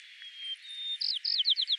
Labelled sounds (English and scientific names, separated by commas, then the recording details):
White-crowned Sparrow (Zonotrichia leucophrys) song
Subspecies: nuttalli
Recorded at Inspiration Point, California, in 2014
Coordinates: 37.793, -122.456
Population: north
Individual INPT_WS-GO_14